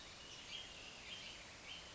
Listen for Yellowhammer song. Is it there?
no